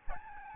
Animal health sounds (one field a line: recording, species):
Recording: mosquito wingbeat signal from an infrared sensor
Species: Aedes albopictus